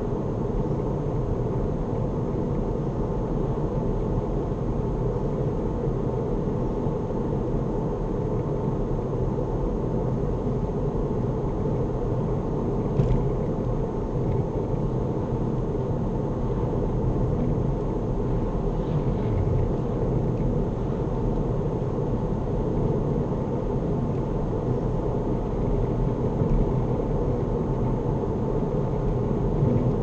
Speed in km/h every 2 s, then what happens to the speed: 81, 82, 82, 82, 84, 82, 81, 79, 79, 81, 82, 84, 87, 87, 85.
0-16 steady at about 82. 16-24 speeds up to 87. 24-30 steady at about 87.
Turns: none.